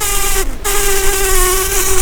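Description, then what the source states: Brown-banded carder bee buzzing: a steady, droning hum with rich overtones that breaks off briefly and then resumes at the same pitch. Queens.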